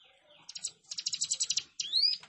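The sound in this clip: Plain prinia song: a rapid buzzy string of high notes followed by a single sweeping rising note.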